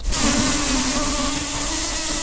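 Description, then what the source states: Common carder bee buzzing, a steady low droning hum, continuous throughout over broad hiss. Queen.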